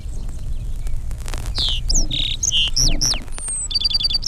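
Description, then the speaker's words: Lark Sparrow song of clear slurred whistles and sharp high notes, ending in a quick repeated trill; low background rumble throughout. Song sometimes includes a buzzy note; voice described as rather similar to the song sparrow's. "Listen now to the lark sparrow, who sometimes puts in a buzzy note."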